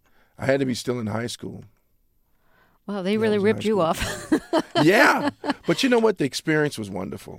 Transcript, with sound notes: I had to be still in high school.
Wow, they really ripped you off.
(SOUNDBITE OF LAUGHTER)
Yeah, but you know what? The experience was wonderful.